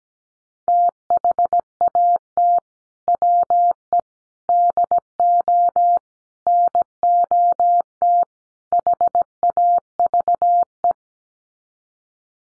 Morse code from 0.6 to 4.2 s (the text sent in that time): THAT WE